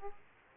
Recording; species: mosquito wingbeat signal from an infrared sensor; Aedes aegypti